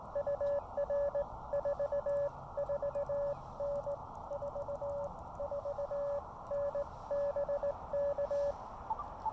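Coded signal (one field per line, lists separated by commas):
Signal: Morse code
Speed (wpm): 18 wpm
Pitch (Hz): 590 Hz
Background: none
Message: UR 44N 44N BK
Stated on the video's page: Park activation on the Blue Ridge Parkway with an Elecraft KX2 and CHA MPAS Lite antenna.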